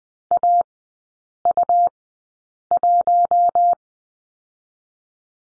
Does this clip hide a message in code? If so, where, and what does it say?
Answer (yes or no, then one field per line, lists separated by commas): yes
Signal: Morse code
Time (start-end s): 0.3-3.7 s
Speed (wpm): 20 wpm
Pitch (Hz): 700 Hz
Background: none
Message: AU1